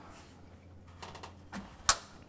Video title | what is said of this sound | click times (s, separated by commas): How to remove DEF from RAM 2500 Cummins Diesel | There you go. You heard it snap? That's all there is to it. | 1.9 s